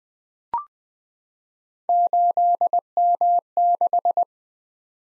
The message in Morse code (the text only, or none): 8M6